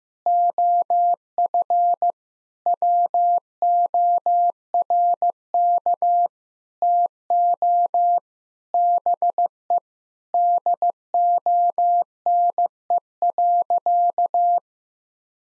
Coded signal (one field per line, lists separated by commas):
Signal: Morse code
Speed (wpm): 15 wpm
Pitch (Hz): 700 Hz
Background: none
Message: OF WORK TO BE DONE.